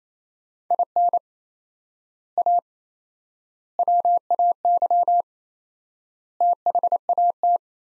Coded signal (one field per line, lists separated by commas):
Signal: Morse code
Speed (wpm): 28 wpm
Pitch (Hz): 700 Hz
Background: none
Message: IN A WAY THAT